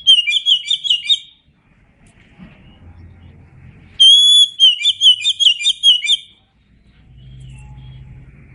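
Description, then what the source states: Oriental magpie-robin singing loud, clear whistled phrases with a rapid run of bright chirpy notes, two bursts separated by a pause with low background rumble. Indonesian name kacer; described as gacor, meaning singing vigorously.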